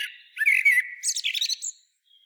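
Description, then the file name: Common blackbird song phrase, a mellow low warble that breaks into thin, high-pitched squeaky twitters before fading. "Turdus merula"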